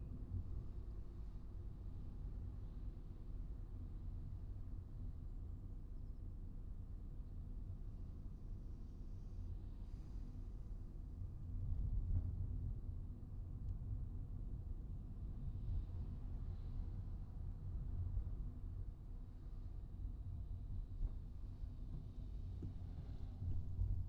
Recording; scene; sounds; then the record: everyday scene through a hearing-aid microphone; in a vehicle; engine, traffic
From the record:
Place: Skoda Fabia, gasoline engine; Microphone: in the ear canal, right